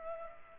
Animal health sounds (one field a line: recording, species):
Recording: mosquito wingbeat signal from an infrared sensor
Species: Culex pipiens